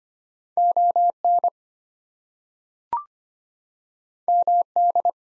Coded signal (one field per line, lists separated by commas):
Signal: Morse code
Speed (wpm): 25 wpm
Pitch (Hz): 700 Hz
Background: none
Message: ON MD